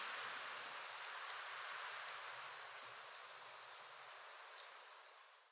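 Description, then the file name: Firecrest giving several single very high, thin, sharp call notes, with a quiet hissing background between them. "brandkronad"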